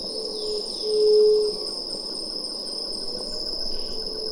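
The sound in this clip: White-tipped dove giving one low, mournful hoot that swells and fades, then a quieter stretch filled with a steady high-pitched insect chorus.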